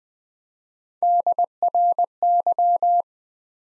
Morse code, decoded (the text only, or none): DRY